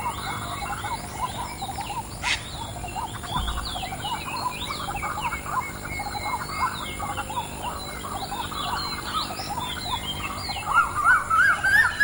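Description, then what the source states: Waterbirds calling in a dense mixed chorus of overlapping chattering, whistled and squawking notes, with a steady background hiss. Recorded at dawn.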